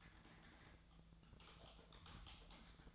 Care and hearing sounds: daily activity, microphone in the room; typing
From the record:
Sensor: 3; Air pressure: 1000.2 hPa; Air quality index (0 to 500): 138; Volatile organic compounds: 2 ppm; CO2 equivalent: 1222 ppm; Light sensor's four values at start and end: 38/97/41/45 and 38/97/41/45

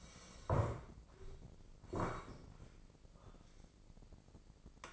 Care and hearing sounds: daily activity, microphone in the room; sit down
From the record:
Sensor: 5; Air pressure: 1012.4 hPa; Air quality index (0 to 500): 162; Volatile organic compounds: 2 ppm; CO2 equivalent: 1104 ppm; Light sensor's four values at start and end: 274/654/280/313 and 272/647/278/309

